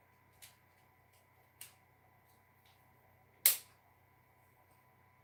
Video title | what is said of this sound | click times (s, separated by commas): Day 4: Legos instead of Suicidal Ideation #WaltonBigfootJames #autism #cptsd #short #shorts | satisfying snapping | 3.5 s